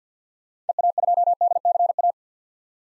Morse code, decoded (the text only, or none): EA2DCA